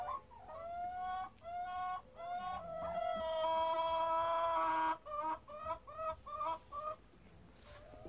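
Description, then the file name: Chicken clucks in quick, uneven bursts, then a long, sustained harmonic call, then more rapid, choppy clucks to the end. Henhouse with a rooster. "Huehnerstall mit Hahn"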